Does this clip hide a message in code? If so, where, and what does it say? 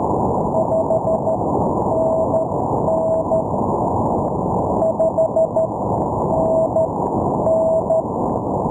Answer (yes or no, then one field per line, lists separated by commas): yes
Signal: Morse code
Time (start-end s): 0.5-8.0 s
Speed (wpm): 12 wpm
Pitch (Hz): 650 Hz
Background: none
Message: 5NN 5NN